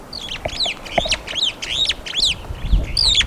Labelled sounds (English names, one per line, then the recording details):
Superb Starling flight call
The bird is a female
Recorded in Kenya on 9 April 2009 at 16:46
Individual 66, of group MRCV